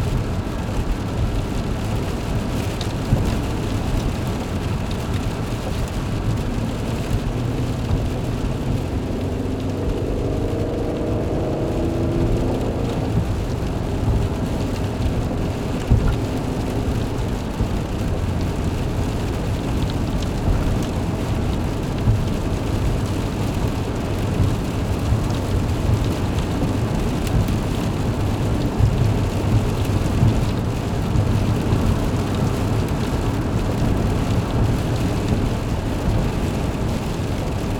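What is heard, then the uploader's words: Driving on a rainy night: a steady, dense low rumble of tyres and engine runs throughout, with a soft hiss of rain over it. Around ten to thirteen seconds a faint rising whine passes through, and occasional small knocks punctuate the constant drone. Driving on a Rainy Night.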